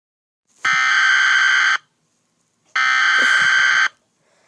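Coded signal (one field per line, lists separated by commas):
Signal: Emergency Alert System (SAME) tones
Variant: header bursts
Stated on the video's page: Not-real Halloween zombie-attack EAS scenario with valid tones.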